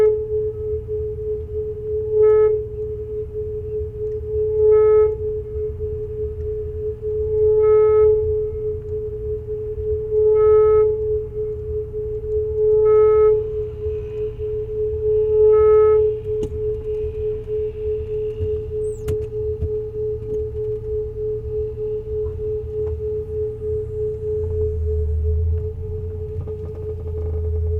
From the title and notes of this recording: Driving in Amber Meulenijzer's Saab sculpture. Amber drives them around in her old Saab emitting sine waves from 12 speakers on the car roof interweaving with the sonic surroundings.